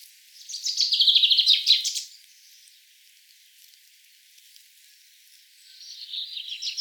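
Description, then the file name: Common chaffinch song: one loud, quick descending trill lasting about one and a half seconds, followed after a pause by a fainter phrase starting at the end. "Fringilla coelebs"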